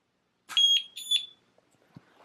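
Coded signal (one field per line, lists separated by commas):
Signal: beep code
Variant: Metroboard electric skateboard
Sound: two short high-pitched electronic beeps in quick succession, then quiet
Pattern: 2 short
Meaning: Two beeps at power-on mean the battery is at 50%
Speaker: 2 beeps. 2 beeps means it's at 50%. Whenever you turn the board on, it'll beep from 1 through 4 times.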